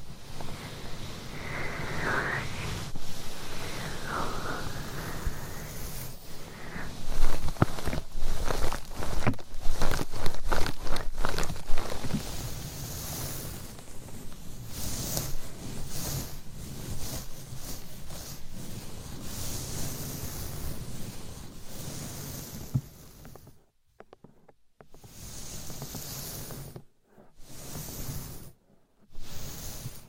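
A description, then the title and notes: Long nails scratch and tap on a binaural mic, with dense rustling and quick irregular clicks that cluster thickly from about 6 to 15 seconds. A steadier, softer rubbing follows, then brief silent gaps near 24, 27 and 29 seconds break it up. ASMR Binaural Mic Scratching , Tapping & Massage BEJEWELED MIC & Long Nails No Talking.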